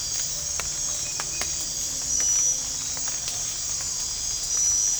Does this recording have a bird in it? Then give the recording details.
no. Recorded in dense forest near Puerto Asís, Putumayo, Colombia, on 15 December 2024 at 04:30. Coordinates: 0.499, -76.324. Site G045